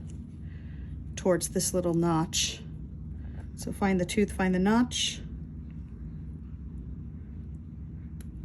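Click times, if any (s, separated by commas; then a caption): 8.2 s. Someone talks over a quiet background while a keyed plastic cable plug, its tooth lined up with the notch, is pushed into the socket on a Unico monitor board. A small sharp click at 8.2 s marks the plug seating in nice and tight.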